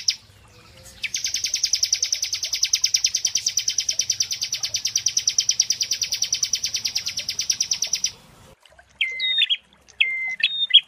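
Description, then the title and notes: Prinia song: a long, even series of rapid buzzy notes lasting about seven seconds, then a few short squeaky chirps. Prenjak song used as masteran (tutor) training audio for birds, described as therapy. "Masteran Terapi Prenjak Durasi Panjang. Burung Prenjak"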